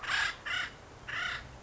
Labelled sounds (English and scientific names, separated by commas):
Acorn Woodpecker (Melanerpes formicivorus)